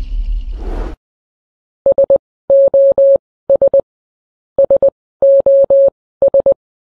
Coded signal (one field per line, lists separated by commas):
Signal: Morse code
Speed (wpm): 20 wpm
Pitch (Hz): 550 Hz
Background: none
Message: SOS SOS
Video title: Sos Morse Code Sound Effect / Various World War Morse Codes Sounds / Morse Code Transmitter Sound